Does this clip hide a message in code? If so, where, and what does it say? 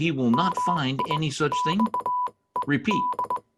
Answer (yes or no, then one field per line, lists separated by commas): yes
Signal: Morse code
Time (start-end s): 0.3-3.4 s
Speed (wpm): 20 wpm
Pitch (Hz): 990 Hz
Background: speech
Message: MIXED